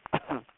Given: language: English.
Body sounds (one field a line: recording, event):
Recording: throat vibration sensor signal played as sound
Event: cough